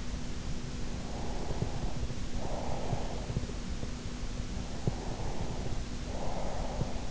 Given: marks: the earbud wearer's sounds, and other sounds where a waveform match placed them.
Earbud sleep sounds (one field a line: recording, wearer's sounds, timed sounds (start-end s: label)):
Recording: sounds in sleep by an in-ear microphone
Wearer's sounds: breath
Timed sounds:
1.16-3.58 s: breath
5.00-7.11 s: breath